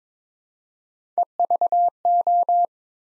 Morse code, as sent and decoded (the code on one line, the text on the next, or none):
. ...- ---
EVO